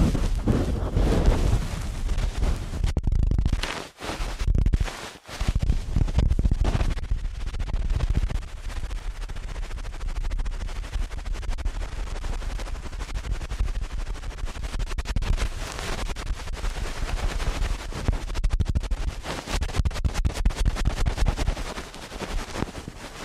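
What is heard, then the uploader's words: Ear cleaning with fast, rough scratching and rubbing that fills the whole clip in dense, rapid bursts. The first six seconds are loudest and boomiest, with two brief drops to near silence around four and five seconds, then a steadier, slightly softer scraping continues. ASMR Ear Cleaning at Helicopter Speed.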